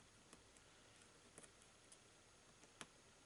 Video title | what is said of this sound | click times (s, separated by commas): Eaglemoss Enterprise Stage 1 Build up | Ah, there we go. There it kind of clicked into place. | 2.8 s